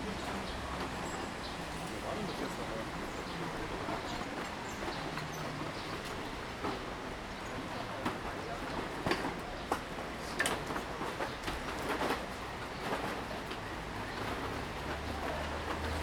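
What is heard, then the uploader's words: City sounds from Ulm: a steady, dense murmur of voices over a low rumble, possibly from a train or passing vehicles. Short clicks and knocks punctuate it throughout, coming most often and loudest between about nine and thirteen seconds. Sounds of Ulm (Soundscapes meets Kulturradio).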